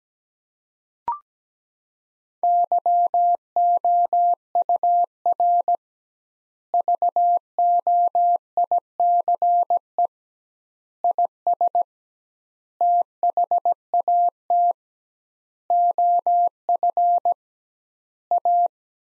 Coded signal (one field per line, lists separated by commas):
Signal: Morse code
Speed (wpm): 17 wpm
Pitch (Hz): 700 Hz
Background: none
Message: YOUR VOICE IS THAT OF A